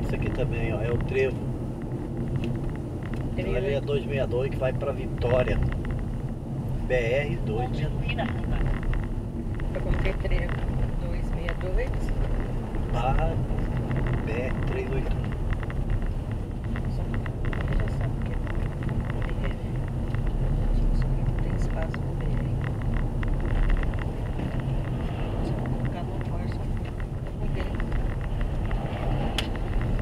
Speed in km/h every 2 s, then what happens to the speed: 40, 37, 38, 38, 34, 37, 37, 33, 37, 38, 37, 38, 35, 30, 31.
0-22 steady at about 37. 22-25 slows to 30.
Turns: none.